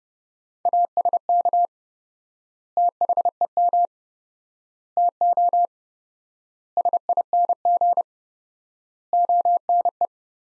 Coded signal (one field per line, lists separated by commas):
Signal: Morse code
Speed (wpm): 30 wpm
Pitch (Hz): 700 Hz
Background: none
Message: ASK THEM TO SING ONE